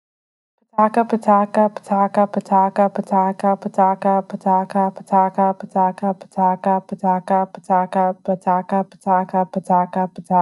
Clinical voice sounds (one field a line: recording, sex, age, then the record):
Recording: repeated syllables /pa ta ka/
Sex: female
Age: 20 to 29 years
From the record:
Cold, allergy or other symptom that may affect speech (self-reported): no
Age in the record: 21 years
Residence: Illinois, United States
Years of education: 15